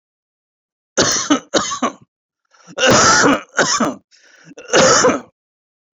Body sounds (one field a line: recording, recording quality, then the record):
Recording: heavy voluntary cough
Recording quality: excellent, no background noise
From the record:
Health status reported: recovered from COVID-19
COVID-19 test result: positive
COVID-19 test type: RT-PCR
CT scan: not taken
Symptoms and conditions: cough, cold, sore throat, fever, fatigue, hypertension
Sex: male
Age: 58 years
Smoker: no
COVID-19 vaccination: both doses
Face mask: not worn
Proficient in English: yes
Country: India